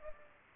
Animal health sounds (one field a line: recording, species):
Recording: mosquito wingbeat signal from an infrared sensor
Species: Culex pipiens